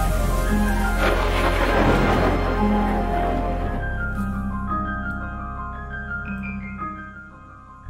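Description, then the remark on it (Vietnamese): Steady, dense evening rain with a rushing wind that signals an approaching storm roars for the first few seconds, then thins out as low sustained tones take over and slowly fade. “Tối hôm ấy, trời mưa rả rích lê thê, kèm theo những cơn gió báo hiệu bão sắp về.”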